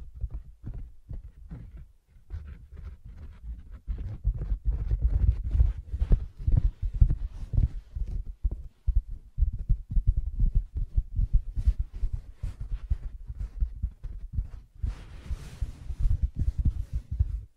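Soft fingertip tapping and scratching on a fabric surface, in quick, irregular bursts of dull low thumps. The taps grow denser and louder after about four seconds, and near the end a brighter, hissing scratch joins them.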